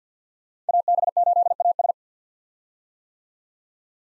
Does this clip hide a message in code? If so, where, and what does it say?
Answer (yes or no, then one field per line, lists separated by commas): yes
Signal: Morse code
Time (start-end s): 0.7-1.9 s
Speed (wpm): 50 wpm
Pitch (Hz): 700 Hz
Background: none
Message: AB8AS